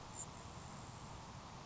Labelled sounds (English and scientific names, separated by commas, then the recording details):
Grasshopper Sparrow (Ammodramus savannarum)
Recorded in Sonoma County, California